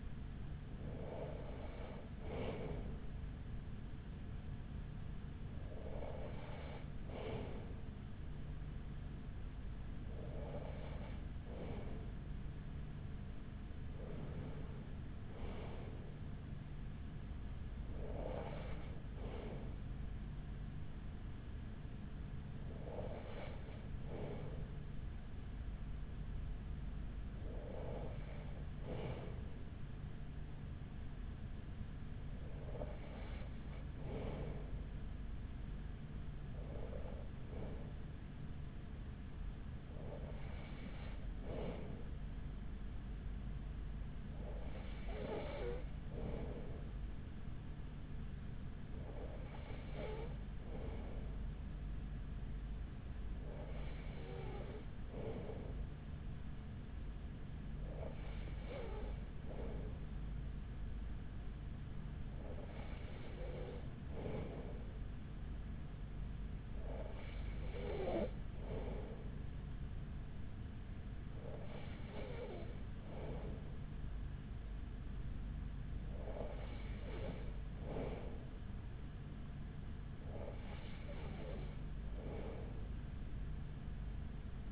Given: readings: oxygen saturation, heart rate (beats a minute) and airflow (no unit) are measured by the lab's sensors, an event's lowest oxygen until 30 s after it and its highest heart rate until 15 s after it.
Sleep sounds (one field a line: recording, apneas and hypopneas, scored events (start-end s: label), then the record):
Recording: breathing in sleep by a smartphone at the bedside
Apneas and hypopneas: 1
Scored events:
2.00-32.00 s: new sleep stage, N1 (lightest sleep)
4.00-13.10 s: hypopnea (N1, oxygen 95% highest, then 95% lowest, heart rate 42 at the start, 46 highest)
32.00-84.72 s: new sleep stage, N2 (light sleep)
From the record:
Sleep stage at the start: N2 (light sleep)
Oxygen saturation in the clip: 94 to 95%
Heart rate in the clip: 41 to 48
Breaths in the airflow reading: 19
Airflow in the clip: -6.1 to 6.0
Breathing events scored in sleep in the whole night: 207 in 7.6 hours asleep